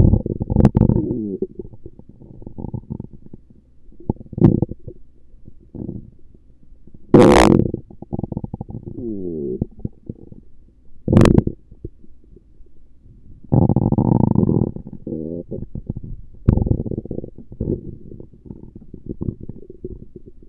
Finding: Stomach Rumbling Gurgles.